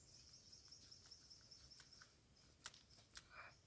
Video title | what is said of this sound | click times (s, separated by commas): ช่างแมวช่างเมล์ประกอบติดตั้งโชล่าเชลบ้านสวน ระบบDC200V12Vใช้ไฟฟ้าฟรี30ปีบ.นาโคก อ.สังคม จ.หนองคายEP2 | จะดังแป๊กนะครับ | 2.7 s